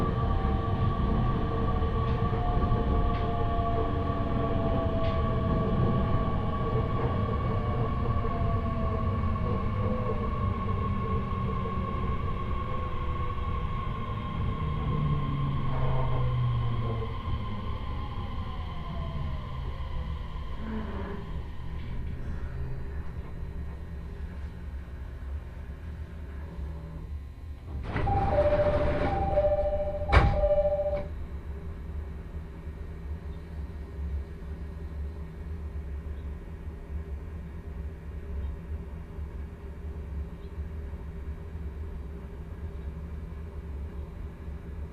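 Inside a train, a low steady rumble fills the car while a faint whine from the motors slides and fades over the first twenty seconds. Near the half-minute mark a short burst of hissing and a two-tone beep sound, then the rumble continues more quietly.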